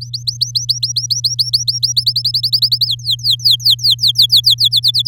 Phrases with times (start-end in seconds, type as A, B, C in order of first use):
0.01-1.93 A, 1.96-2.86 B, 2.87-4.68 C, 4.71-5.02 D